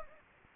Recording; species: mosquito wingbeat signal from an infrared sensor; Anopheles gambiae